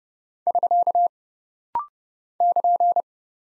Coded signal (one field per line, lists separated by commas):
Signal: Morse code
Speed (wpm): 30 wpm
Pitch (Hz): 700 Hz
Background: none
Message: <SK> <KN>